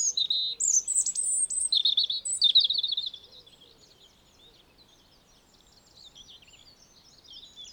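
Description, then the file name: European robin song: a quick, high-pitched burst of sparkling trills and short whistles over three seconds, followed by faint warbling. "Erithacus rubecula"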